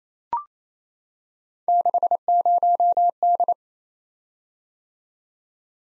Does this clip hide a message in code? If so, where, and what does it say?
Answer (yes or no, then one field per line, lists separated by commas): yes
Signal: Morse code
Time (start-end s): 1.7-3.5 s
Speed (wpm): 27 wpm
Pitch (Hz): 700 Hz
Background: none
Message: 60D